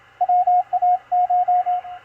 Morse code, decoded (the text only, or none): WACH